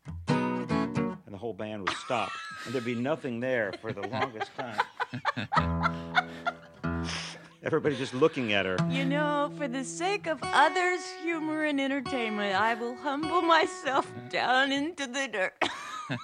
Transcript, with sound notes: the whole band would stop, and there'd be nothing there for the longest time.
(laughs)
Everybody's just looking at her.
You know, for the sake of others' humor and entertainment, I will humble myself down into the dirt.